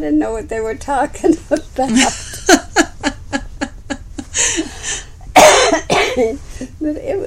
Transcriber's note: laughs